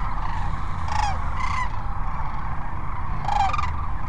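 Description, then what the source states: Sandhill cranes giving a few rolling calls spread throughout, over a steady low rumble. Multiple sandhill cranes at Cochise Lakes, recorded January 30, 2019.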